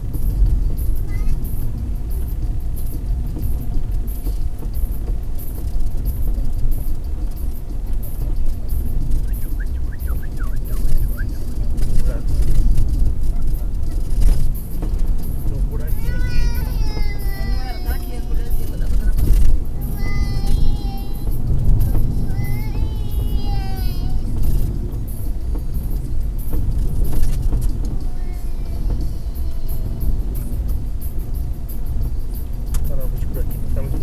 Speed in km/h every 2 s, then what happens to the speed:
61, 60, 61, 62, 61, 61, 62, 63, 63, 62, 61, 61, 61, 63, 63, 61, 61.
0-34 steady at about 61.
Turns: none.